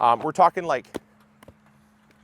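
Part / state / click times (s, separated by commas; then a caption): plastic stacking planter tier onto the tier below / seated / 1.4 s. A soil-filled plastic vertical planter tier is stacked onto the tier below so the notches on its bottom lock in place. Someone talks at the start, then a sharp plastic click is heard at 1.4 s, followed by a couple of faint knocks. The tier seats in place.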